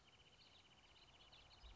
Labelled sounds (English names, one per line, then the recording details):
Wrentit
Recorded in Sonoma County, California